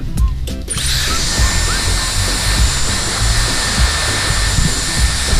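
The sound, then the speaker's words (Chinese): A hair dryer, being demonstrated on a person's water-sprayed hair before curling, switches on after a brief pause and blows with a loud, steady whooshing roar and a faint motor whine, running continuously to the end with no voices. “给大家先演示一下这个吹风机的作用吧。”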